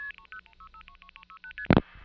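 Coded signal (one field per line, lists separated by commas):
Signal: multi-frequency trunk signalling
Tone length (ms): 80 ms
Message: 306 36ST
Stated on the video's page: Old telephone network signalling: 4A revertive pulsing on a short long-distance call from New York City to New Jersey.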